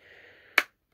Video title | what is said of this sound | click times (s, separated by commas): PS5 - How To Attach Stand Horizontal & Vertical Easy Guide | you go it's clicked in place okay that's lined up now | 0.6 s